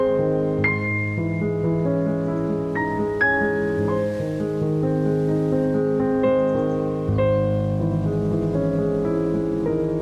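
Soft piano plays slow, sustained chords that ring and overlap, with new notes struck every second or so and a deeper bass note entering around seven seconds. The playing is mellow, a faint airy hiss underneath, with no distinct rustling.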